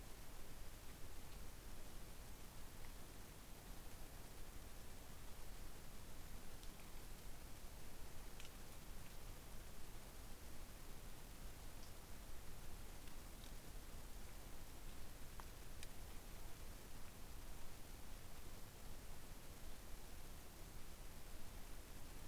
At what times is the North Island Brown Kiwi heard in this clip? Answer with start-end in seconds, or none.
none